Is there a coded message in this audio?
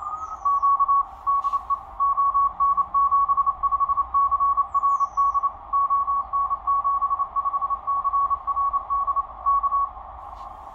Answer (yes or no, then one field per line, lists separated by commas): yes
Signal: Morse code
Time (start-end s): 0.5-9.9 s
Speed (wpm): 28 wpm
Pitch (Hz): 1120 Hz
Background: radio noise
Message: Q DE ON75CRD ON75CRD K